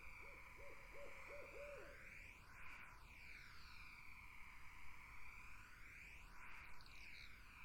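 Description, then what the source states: Barred owl hooting, a quick run of several rising-falling hoots in the first two seconds, then only a steady high insect chorus drones on. Summer wetland.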